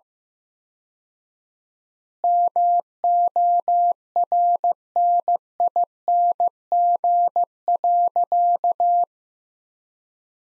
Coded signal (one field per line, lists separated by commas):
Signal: Morse code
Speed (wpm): 15 wpm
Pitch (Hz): 700 Hz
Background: none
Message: MORNING.